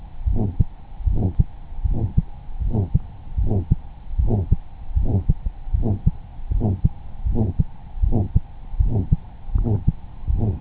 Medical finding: Aortic Stenosis.